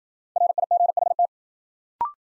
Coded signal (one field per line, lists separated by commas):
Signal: Morse code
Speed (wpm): 53 wpm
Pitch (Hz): 700 Hz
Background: none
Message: RIGHT